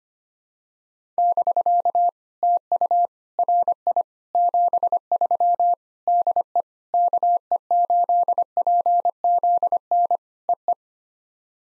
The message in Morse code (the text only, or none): <BK> TU RI 73 DE KE8PZN EE